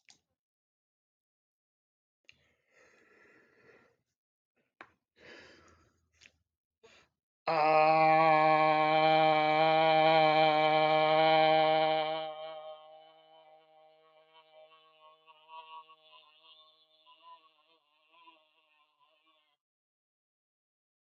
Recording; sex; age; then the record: vowel held as long as possible; male; 60 to 69 years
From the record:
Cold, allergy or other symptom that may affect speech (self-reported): no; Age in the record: 60 years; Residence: Pennsylvania, United States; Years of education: 12